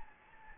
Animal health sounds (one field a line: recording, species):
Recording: mosquito wingbeat signal from an infrared sensor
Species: Anopheles gambiae